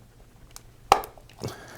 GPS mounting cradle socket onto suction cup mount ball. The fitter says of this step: go together with a little bit of force you're gonna hear it snap and then